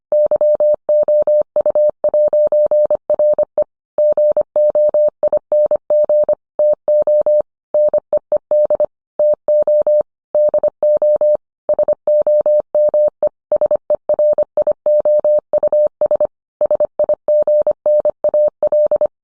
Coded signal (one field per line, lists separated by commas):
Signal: Morse code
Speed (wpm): 25 wpm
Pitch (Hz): 600 Hz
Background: none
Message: YOU'RE GOING TO NEED TO DO SOME SERIOUS SIGNAL